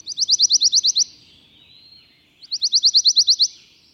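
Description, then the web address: Pine Warbler song: two short, rapid high trills of several notes each, separated by a pause of over a second. "the warbler that loves pines"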